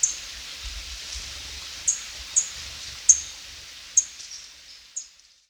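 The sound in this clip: White-headed brush finch calls: thin, high-pitched chips given singly at uneven intervals, about six notes, over a soft low rumble.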